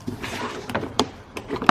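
A plastic retaining tab on an engine bay cover piece of a BMW E70 X5 4.8i, during an A/C belt tensioner pulley replacement, is pressed and the cover lifted, then let go to spring back toward its clip. Plastic handling rustles and taps are heard, with sharp snap-like hits near 0.8, 1.0 and 1.7 seconds. Nothing has seated or clicked into place yet.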